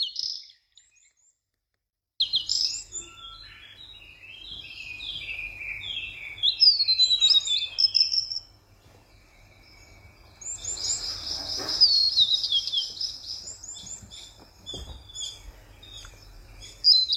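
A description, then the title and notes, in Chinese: Early-morning birdsong: high, bright chirps and trills from several birds, busiest from about 2 to 8 seconds and again from 10 to 13 seconds. A near-silent gap opens the clip. A low, steady rumble sits underneath, and a brief thump comes near 15 seconds. 清晨鸟鸣。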